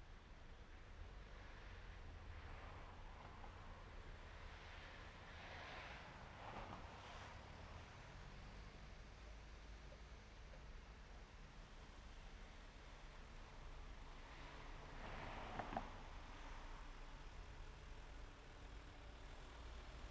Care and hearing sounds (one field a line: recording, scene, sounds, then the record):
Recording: everyday scene through a hearing-aid microphone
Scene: in traffic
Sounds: traffic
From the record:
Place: main road on the outskirts, rush hour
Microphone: behind the ear, right, rear